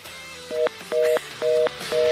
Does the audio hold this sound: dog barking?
no